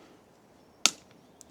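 A bottom bracket cup is tightened into a bicycle frame shell with a torque wrench. The wrench gives one sharp, bright click at 0.9 s when it reaches its set torque, followed by a faint tick at 1.1 s and a small high tick at 1.4 s over a quiet background. The cup is torqued up and done.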